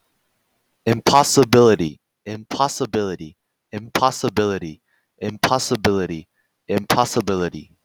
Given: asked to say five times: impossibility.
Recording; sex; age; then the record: repeated word; male; 20 to 29 years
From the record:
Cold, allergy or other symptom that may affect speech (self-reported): no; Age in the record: 23 years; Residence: Georgia, United States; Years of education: 16